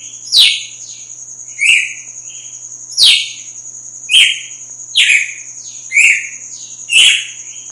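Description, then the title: Red-cowled cardinal song of clear whistled notes with sharp descending strokes, delivered roughly once per second against a steady high background tone. Female; sings strongly at dawn after moult. "Canto Galo Campina Fêmea 02. GALO DE CAMPINA AÇOITA FORTE NA MADRUGADA DEPOIS DA MUDA"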